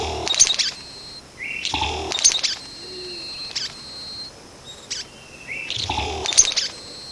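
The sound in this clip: Vogelkop bowerbird calls: rising whistles, abrupt crackling bursts and low hollow notes, in several phrases spaced one to two seconds apart.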